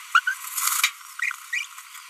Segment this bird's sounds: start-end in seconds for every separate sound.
0.15-0.19, 0.27-0.33, 1.53-1.65